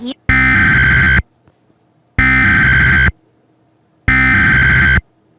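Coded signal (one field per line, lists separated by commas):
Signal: Emergency Alert System (SAME) tones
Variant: header bursts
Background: speech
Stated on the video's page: Mock alert built on a meme, containing valid tones able to trigger EAS equipment.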